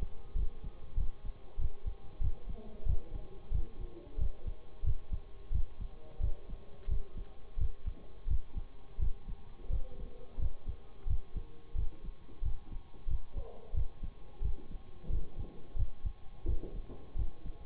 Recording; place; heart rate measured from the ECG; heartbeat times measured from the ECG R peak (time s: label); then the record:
heart sounds by stethoscope; between the tricuspid and mitral areas; 89 bpm
0.35 s: heartbeat
0.96 s: heartbeat
1.58 s: heartbeat
2.20 s: heartbeat
2.85 s: heartbeat
3.51 s: heartbeat
4.17 s: heartbeat
4.83 s: heartbeat
5.51 s: heartbeat
6.19 s: heartbeat
6.87 s: heartbeat
7.57 s: heartbeat
8.27 s: heartbeat
8.98 s: heartbeat
9.69 s: heartbeat
10.38 s: heartbeat
11.06 s: heartbeat
11.74 s: heartbeat
12.42 s: heartbeat
13.07 s: heartbeat
13.73 s: heartbeat
14.41 s: heartbeat
15.09 s: heartbeat
15.75 s: heartbeat
16.45 s: heartbeat
17.15 s: heartbeat
From the record:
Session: bicycle stress test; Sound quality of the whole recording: good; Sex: male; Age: 26 years